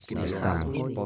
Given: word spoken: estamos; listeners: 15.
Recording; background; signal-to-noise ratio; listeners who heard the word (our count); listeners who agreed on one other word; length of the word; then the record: one Spanish word in noise, from a listening test; four-talker babble; -0.1 dB; 1 of 15; 10 of 15; 0.66 s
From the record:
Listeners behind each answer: 10, 2, 1, 1, 1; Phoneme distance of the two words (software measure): 48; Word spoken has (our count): 3 syllables, 7 phonemes, stress on syllable 2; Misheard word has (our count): 2 syllables, 7 phonemes, stress on syllable 2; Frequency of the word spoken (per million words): 167.11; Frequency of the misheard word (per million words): 30.47